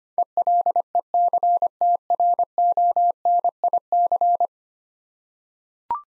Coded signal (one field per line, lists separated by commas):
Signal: Morse code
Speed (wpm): 25 wpm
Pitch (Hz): 700 Hz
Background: none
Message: ELECTRONIC